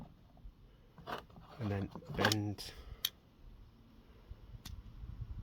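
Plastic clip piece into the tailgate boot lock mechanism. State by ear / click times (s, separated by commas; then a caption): seated / 3.1 s, 4.7 s. On a Vauxhall Vivaro van, a plastic clip piece is slid back through the hole in the tailgate boot lock mechanism and then bent up, while someone talks. Sharp clicks are heard at 3.1 s and 4.7 s as the piece clicks into place, seating it in the lock.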